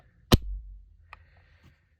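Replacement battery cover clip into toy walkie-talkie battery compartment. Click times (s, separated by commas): 0.3 s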